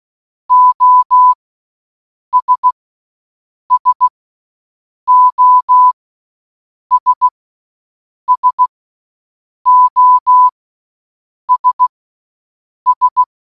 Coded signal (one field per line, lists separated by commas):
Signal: Morse code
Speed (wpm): 16 wpm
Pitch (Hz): 1000 Hz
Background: none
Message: OS SOS SOS S